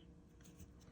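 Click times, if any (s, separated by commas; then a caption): none. A steel bolt is handled at the new two-piece breech of a Crosman 1377/1322 air pistol after being dropped in nose-first, ready to be pushed with the thumb until it snaps into place. Only low, steady handling rustle with faint scrapes is heard, and nothing has seated or clicked yet.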